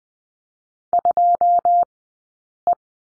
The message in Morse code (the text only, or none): 2E